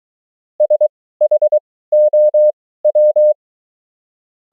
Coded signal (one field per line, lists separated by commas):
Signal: Morse code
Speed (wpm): 23 wpm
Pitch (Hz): 600 Hz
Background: none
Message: SHOW